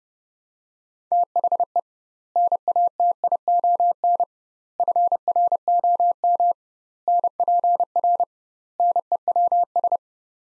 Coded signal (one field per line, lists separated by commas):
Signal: Morse code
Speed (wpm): 30 wpm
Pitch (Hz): 700 Hz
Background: none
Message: THE NATION FROM NPR NEWS